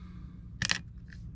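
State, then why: Not seated. A CR2450 coin cell is turned around and pressed into the plastic battery holder of a 2022 Ford Edge 5-button smart key remote, making a brief burst of sharp scraping contact sounds around 0.6 to 0.8 seconds and a faint tick near 1.1 seconds over a low steady hum. The cell does not latch under the tab, and nothing has seated or clicked yet.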